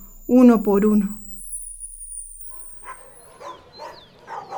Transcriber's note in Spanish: Sonido de tinitus; Sonido de perros ladrando